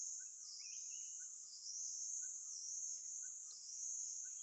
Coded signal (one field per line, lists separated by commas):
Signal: none